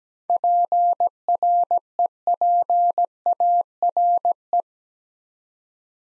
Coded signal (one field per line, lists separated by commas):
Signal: Morse code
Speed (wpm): 17 wpm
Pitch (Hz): 700 Hz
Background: none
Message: PREPARE